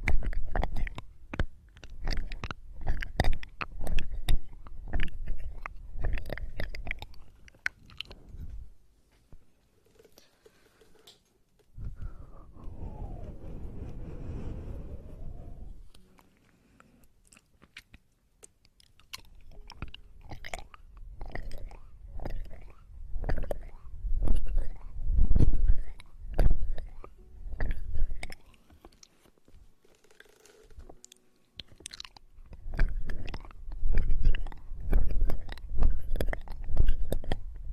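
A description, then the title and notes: Close, wet chewing and crunching sit right against the ear, coming in dense bursts of sharp clicks and smacks through most of the recording. Around 12 to 16 seconds a smooth rubbing sweep replaces the chewing, and the mouth sounds pause briefly near 30 seconds. Ear eating and ear massage.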